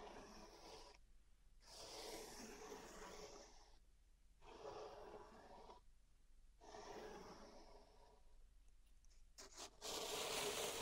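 Pink salt raked in a zen garden, gritty scraping strokes every couple seconds with short pauses, ending in a brighter hiss and clicks.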